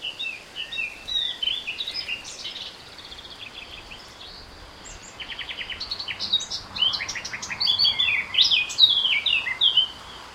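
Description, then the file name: Eurasian blackcap song, a long run of rapid chattering and fluty whistles, with a short rattle-like series in the middle, growing louder towards the end. "Sylvia atricapilla"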